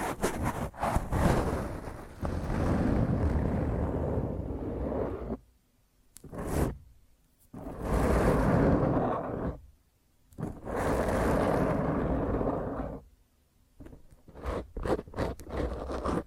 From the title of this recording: Intense Rough Mic Scratch using HandNails